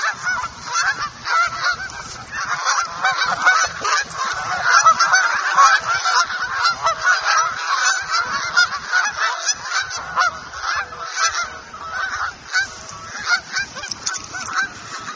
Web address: paul. geese At The UBCenter For The Arts